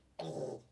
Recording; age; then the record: pig call; piglet (1 to 25 days)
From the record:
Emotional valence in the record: negative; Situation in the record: restrain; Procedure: back test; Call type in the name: low-frequency call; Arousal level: low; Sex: female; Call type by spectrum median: low-frequency call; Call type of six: low-frequency stable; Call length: 0.72 s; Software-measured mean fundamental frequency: 52 Hz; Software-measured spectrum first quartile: 338 Hz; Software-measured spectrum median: 519 Hz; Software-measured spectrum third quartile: 861 Hz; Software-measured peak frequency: 525 Hz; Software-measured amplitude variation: 183 dB a second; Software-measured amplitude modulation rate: 22.2 a second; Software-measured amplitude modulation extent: 8.3 dB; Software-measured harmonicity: 1.9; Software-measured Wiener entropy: -0.21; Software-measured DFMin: 859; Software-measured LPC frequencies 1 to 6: 539, 3548, 4334, 5328, 6057, 6878 Hz